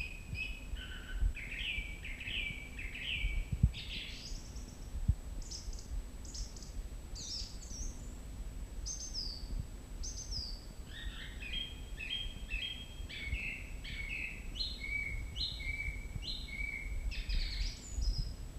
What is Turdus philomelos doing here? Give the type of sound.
song